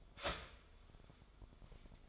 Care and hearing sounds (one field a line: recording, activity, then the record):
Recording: daily activity, microphone in the room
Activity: start toaster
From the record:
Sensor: 5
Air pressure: 1014.8 hPa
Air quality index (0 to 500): 207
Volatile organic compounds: 10 ppm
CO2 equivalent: 2201 ppm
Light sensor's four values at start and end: 14/32/12/11 and 14/32/12/11